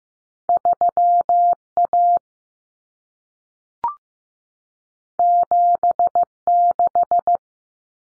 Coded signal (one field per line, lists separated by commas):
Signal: Morse code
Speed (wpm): 15 wpm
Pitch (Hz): 700 Hz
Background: none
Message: 3A 76